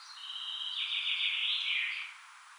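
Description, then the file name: Common chaffinch song, a single high trilled phrase lasting about two seconds. "Fringilla coelebs"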